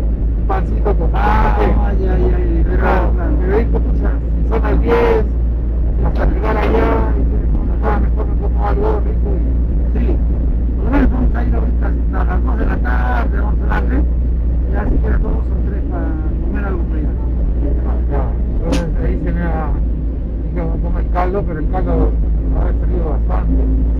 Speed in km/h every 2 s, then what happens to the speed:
25, 25, 26, 26, 26, 26, 27, 27, 27, 27, 24, 24.
0-24 steady at about 26.